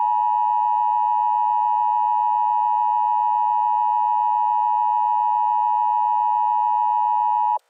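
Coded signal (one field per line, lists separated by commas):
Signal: Emergency Alert System (SAME) tones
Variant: 853 and 960 Hz attention tone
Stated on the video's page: Fictional EAS scenario for a fire tornado warning.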